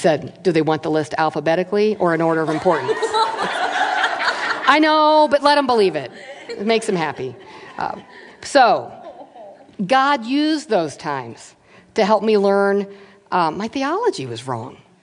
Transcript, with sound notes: And he said, “Do they want the list alphabetically or in order of importance?” (laughter) I know, but let them believe it. It makes them happy. (laughter) So God used those times to help me learn my theology was wrong.